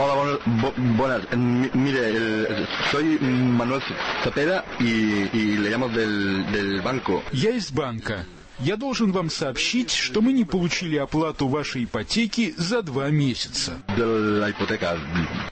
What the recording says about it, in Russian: Специально нанятый для этой цели актер и, представившись сотрудником банка, сообщить о необходимости срочно заплатить по неизвестно откуда взявшейся ипотечной задолженности. Этот служащий страшно заикается.